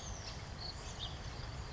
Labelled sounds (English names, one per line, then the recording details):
House Finch
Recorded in Sonoma County, California